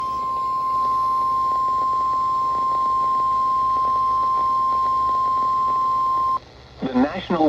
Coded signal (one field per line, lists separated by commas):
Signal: Emergency Alert System (SAME) tones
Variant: 1050 Hz attention tone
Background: speech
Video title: (EAS #311) Severe Thunderstorm Warning for Walworth, Racine, and Kenosha, Wisconsin